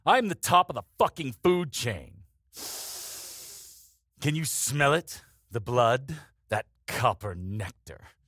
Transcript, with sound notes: I'm the top of the fucking food chain! [TAKES DEEP BREATH] Mmm. Can you smell it? The blood! That copper nectar.